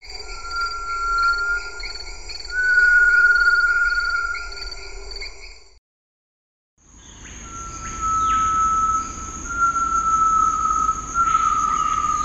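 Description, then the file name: Great tinamou calls: long, pure whistles, mostly steady in pitch, in two stretches separated by a short silence, with a constant high drone behind. "Tinamus major"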